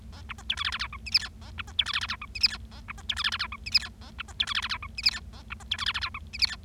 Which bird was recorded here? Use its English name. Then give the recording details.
Bengalese Finch. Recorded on 25 March 2012 at 18:15. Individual gy6or6